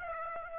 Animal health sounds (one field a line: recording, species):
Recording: mosquito wingbeat signal from an infrared sensor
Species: Aedes aegypti